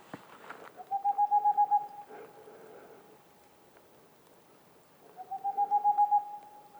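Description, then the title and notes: Boreal owl giving its song, two fast strings of soft hoots about a second long, over faint background hiss. Singing male near a black woodpecker nest hole, in the mountains near the Mediterranean, 2 April 2019, 20:15, evening; homemade parabolic dish, two omni microphones, MixPre 3 recorder. "Une chouette pas si boréale. 02 avril 2019-20h15-en montagne. la Tengmalm boréale ( Aegolius funereus) , pas si boréale que cela car nous sommes aux portes de la méditerranée"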